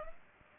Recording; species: mosquito wingbeat signal from an infrared sensor; Aedes aegypti